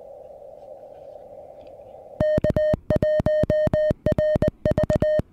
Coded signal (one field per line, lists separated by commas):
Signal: Morse code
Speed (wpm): 20 wpm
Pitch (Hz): 610 Hz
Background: music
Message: K1RV